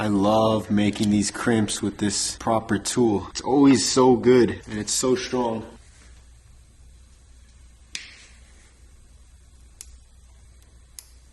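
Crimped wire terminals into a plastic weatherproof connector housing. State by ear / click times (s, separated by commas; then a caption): seated / 9.8 s, 11.0 s. Someone talks for the first six seconds, then freshly crimped wire terminals are pushed into a plastic weatherproof connector housing for the smoked DEPO smiley headlight wiring on a turbo M50 E30. After a sharp sound at 8.0 s, each terminal locks in with a sharp click at 9.8 s and 11.0 s, and both terminals are seated.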